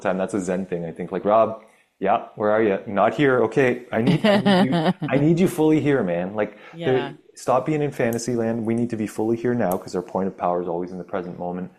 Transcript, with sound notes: That's a zen thing, I think. Like, "Rob, yeah, where are you? Not here, okay."
(laughs)
"I need you in the room. I need you fully here, man." Like-
Yeah.
... stop being in fantasy land. We need to be fully here now, 'cause our point of power is always in the present moment.